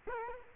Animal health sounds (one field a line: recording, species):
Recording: mosquito wingbeat signal from an infrared sensor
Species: Culex quinquefasciatus